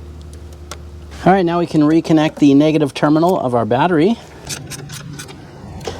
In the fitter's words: Just push that in till it clicks.